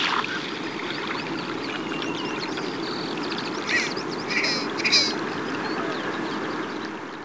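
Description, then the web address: Red-breasted Merganser calls: three short, harsh, rasping notes close together midway, heard over a steady rushing, water-like background noise. "Peterson North American Birds. rbme"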